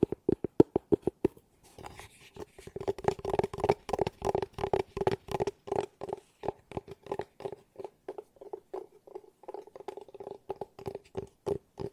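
Fast tapping in quick, evenly spaced taps, a brief sparse burst first, then dense rapid clusters with a light rustle behind them.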